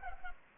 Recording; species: mosquito wingbeat signal from an infrared sensor; Culex pipiens